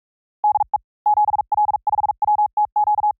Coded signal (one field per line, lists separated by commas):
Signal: Morse code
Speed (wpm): 44 wpm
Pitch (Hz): 840 Hz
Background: none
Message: DE 7L5WTQ